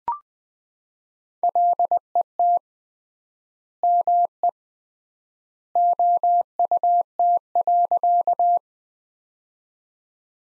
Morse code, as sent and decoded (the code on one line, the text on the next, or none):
.-.. . - / -- . / --- ..- - .-.-.-
LET ME OUT.